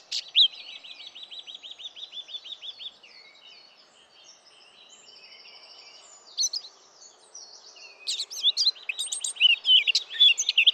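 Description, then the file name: Eurasian blackcap song: a rapid run of notes that fades into faint twittering, then returns in a bright, fluty, scratchy burst at the end. "Sylvia atricapilla"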